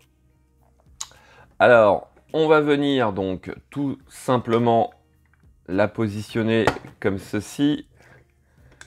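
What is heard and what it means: A metal part from the Altaya Megazord model kit (issues 80 and 81) is being positioned on the plastic robot model body so its rear edge can clip in. Someone talks over faint handling ticks, with a sharp tap near 1.0 s. Nothing has seated or clicked yet.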